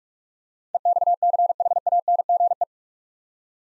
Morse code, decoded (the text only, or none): EXCHANGE